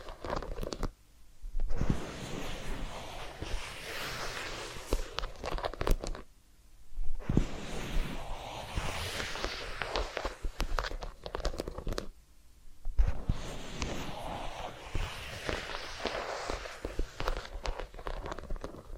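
Massage and ear-cleaning sounds: dense rustling and crackling rubbing in three long bursts, separated by brief near-silent pauses around two, seven and thirteen seconds.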